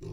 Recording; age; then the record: pig call; weaner (32 to 43 days)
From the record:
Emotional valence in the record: negative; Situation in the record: novel object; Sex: female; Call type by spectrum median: low-frequency call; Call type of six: low-frequency stable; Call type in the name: low-frequency stable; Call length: 0.13 s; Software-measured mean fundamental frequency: 53 Hz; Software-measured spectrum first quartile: 112 Hz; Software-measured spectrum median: 226 Hz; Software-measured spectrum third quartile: 450 Hz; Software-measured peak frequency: 137 Hz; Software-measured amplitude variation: 118 dB a second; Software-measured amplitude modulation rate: 22.5 a second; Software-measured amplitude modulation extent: 5.2 dB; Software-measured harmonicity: -0.1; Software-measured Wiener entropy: 0.23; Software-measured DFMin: 754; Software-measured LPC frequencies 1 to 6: 340, 2616, 3944, 5447, 5931, 7165 Hz